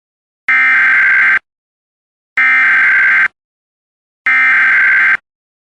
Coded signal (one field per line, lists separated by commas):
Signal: Emergency Alert System (SAME) tones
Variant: header bursts